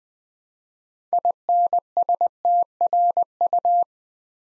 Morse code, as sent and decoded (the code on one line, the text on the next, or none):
.. -. ... - .-. ..-
INSTRU